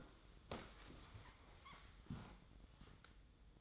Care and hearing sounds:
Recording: daily activity, microphone in the room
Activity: sit down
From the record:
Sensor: 3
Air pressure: 1005.0 hPa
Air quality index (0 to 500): 89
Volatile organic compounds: 3 ppm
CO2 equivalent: 1379 ppm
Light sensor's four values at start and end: 9/21/9/8 and 10/22/9/9

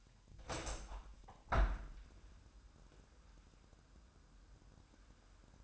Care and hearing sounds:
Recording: daily activity, microphone in the room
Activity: open window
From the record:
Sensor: 2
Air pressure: 998.0 hPa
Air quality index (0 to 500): 148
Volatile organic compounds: 4 ppm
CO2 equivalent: 1674 ppm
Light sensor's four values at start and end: 10/29/11/11 and 10/29/11/11

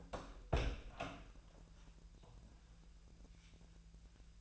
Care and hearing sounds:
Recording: daily activity, microphone in the room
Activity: open door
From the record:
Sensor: 2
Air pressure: 1001.3 hPa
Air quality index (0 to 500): 244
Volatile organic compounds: 79 ppm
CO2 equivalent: 3602 ppm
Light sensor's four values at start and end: 8/18/7/7 and 9/21/9/9

